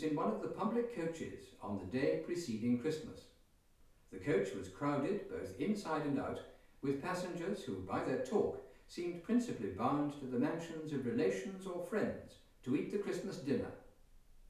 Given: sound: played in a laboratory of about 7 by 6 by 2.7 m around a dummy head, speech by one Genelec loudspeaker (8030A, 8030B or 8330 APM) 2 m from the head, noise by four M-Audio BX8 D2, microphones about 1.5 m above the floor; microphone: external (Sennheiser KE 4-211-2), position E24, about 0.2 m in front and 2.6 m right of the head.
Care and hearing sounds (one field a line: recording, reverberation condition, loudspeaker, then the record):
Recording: male speech in English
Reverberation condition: medium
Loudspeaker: 30 degrees to the left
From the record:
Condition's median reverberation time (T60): about 510 ms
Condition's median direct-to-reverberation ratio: about -0.5 dB